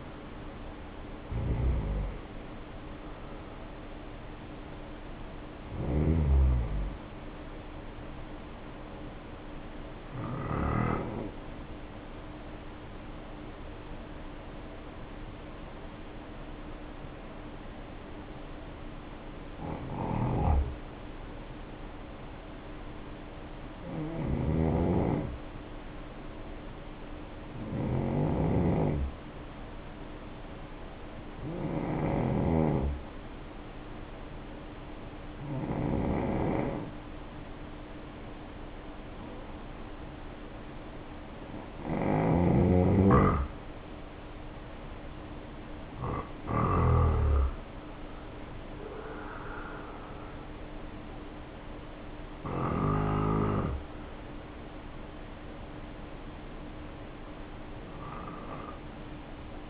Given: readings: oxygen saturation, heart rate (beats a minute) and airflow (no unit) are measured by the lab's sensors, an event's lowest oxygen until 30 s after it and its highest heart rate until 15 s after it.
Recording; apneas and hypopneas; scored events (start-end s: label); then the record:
breathing in sleep by a voice recorder at the bedside; 1
4.00-45.80 s: hypopnea (N1, oxygen 95% highest, then 86% lowest, heart rate 70 at the start, 70 highest)
23.00-53.00 s: new sleep stage, N2 (light sleep)
53.00-59.70 s: new sleep stage, N1 (lightest sleep)
From the record:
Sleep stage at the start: N1 (lightest sleep); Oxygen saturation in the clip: 75 to 95%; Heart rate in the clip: 50 to 70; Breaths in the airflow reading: 14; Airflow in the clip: -2.2 to 2.3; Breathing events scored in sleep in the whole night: 520 in 7.2 hours asleep